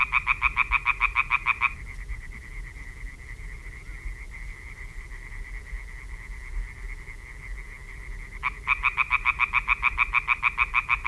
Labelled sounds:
Common Tree Frog (Hyla arborea) call

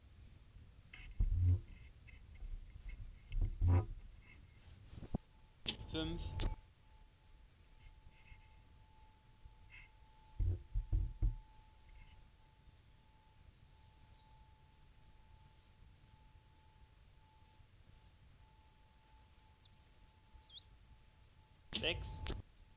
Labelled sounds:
Eurasian Treecreeper (Certhia familiaris) song

